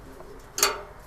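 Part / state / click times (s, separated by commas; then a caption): folding leg locking into a portable fire pit body / seated / 0.6 s. A folding metal leg on a BioLite portable fire pit is swung up into position beneath the pit so it gets it up higher, and it locks into place so the fire pit does not collapse. A sharp, bright metallic click lands at 0.6 s and again at 0.6 s, ringing briefly before fading, and the leg is confirmed clicked into place.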